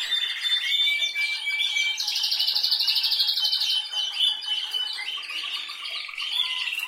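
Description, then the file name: Canary song: a steady whistle, then a long, bright, rapid trill held for a couple of seconds, then mixed chirps, continuous and loud. "Canary Voice"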